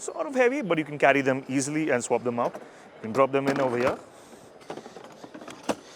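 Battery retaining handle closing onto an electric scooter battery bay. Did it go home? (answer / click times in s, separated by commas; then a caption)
yes / 5.7 s. Someone talks for the first four seconds, then a few small handling knocks follow as the swappable batteries are dropped into an electric scooter's battery bay and the lift-up handle over them is shut. The handle latches with a sharp click at 5.7 s, seating it closed.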